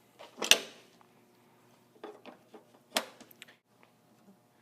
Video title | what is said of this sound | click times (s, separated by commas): AMP Research BedXTender™ HD Install for Toyota Tacoma | Clip in your strap latches. | 0.5 s, 3.0 s